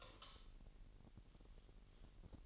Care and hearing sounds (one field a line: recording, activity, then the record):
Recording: daily activity, microphone in the room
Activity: light off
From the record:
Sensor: 4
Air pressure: 1002.7 hPa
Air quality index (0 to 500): 249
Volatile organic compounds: 13 ppm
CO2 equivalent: 2416 ppm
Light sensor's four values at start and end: 7/16/6/7 and 6/14/6/6